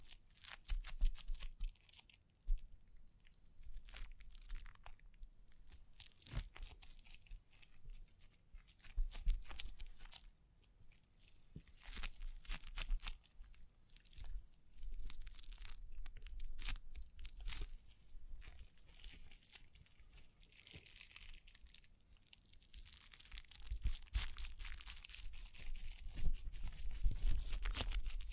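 Dry scratching, brushing and crinkling sounds run through the whole clip, dense and irregular, with sharp taps and crackles scattered throughout. The texture is bright and papery, with a low rumble underneath. It grows busier and louder in the last few seconds.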